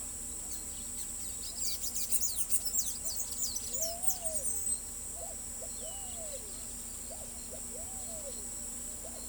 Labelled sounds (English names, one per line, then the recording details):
Palm Tanager
Pale-vented Pigeon
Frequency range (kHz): Pale-vented Pigeon 0.3-0.9 kHz
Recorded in pastures near Pivijay, Magdalena, Colombia, on 3 June 2023 at 06:00
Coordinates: 10.456, -74.369
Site P6-G026